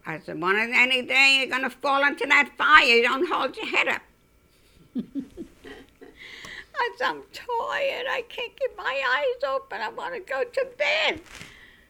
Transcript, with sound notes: I said, "One of any day you're going to fall into that fire, you don't hold your head up." (she laughs) I said, "I'm tired. I can't keep my eyes open. I want to go to bed."